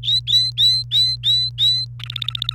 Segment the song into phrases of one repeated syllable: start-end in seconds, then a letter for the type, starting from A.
0.03-1.85 A, 2.00-2.54 B